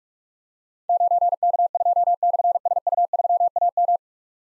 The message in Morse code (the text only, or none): 9K2/SU3AM